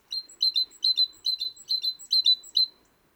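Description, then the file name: Great tit repeating a sharp, high two-part chinking phrase about seven times in quick rhythm, with a quiet background. "Parus major"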